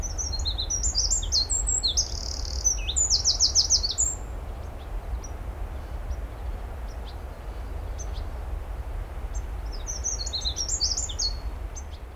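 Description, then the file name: Eurasian wren singing two phrases of shrill, rapid notes and tight trills, the first long and loud, the second shorter near the end, with low steady rumble throughout. "Troglodytes troglodytes"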